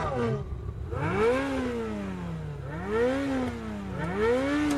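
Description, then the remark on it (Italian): A Ferrari sports car engine revs loudly in three swelling surges, its throaty pitch climbing and dropping back each time, with no voices over it. “Bella macchina. Quanto sta di listino una di queste? Più di quanto ti puoi permettere. È una Ferrari.”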